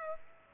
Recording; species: mosquito wingbeat signal from an infrared sensor; Aedes aegypti